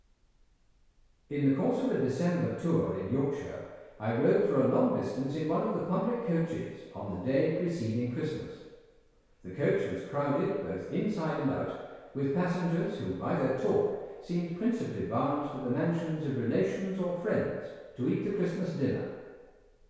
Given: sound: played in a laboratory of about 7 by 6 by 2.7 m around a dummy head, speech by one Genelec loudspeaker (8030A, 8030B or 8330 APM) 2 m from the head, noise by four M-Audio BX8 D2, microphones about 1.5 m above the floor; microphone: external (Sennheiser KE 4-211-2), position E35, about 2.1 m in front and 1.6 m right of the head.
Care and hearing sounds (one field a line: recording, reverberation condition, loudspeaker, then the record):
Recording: male speech in English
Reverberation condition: high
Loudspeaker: 60 degrees to the right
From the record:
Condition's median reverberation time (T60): about 1300 ms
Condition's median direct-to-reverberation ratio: about -4.0 dB